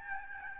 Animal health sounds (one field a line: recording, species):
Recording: mosquito wingbeat signal from an infrared sensor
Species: Aedes albopictus